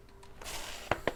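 A tubeless booster releases a burst of air to seat the bead of a Hutchinson Galactik tubeless-ready road tire on a soaped bicycle rim. A rushing hiss builds from about 0.4 s, followed by two sharp, loud pops at 0.9 s and 1.1 s as the bead seats onto the rim.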